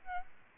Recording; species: mosquito wingbeat signal from an infrared sensor; Aedes albopictus